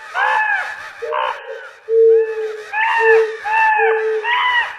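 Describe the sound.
Crow giving repeated hoarse caws, one stretched call standing out, with other caws following closely in a short flurry.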